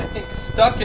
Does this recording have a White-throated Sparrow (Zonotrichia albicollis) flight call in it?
no